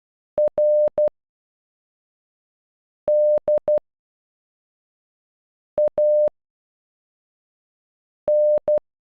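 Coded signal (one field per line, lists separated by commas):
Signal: Morse code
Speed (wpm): 12 wpm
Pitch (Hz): 600 Hz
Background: none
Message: R D A N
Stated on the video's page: Morse for a name generated by a web converter tool, played at normal and half speed.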